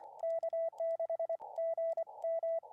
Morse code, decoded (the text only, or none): K6GM